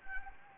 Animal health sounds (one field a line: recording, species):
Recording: mosquito wingbeat signal from an infrared sensor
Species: Anopheles gambiae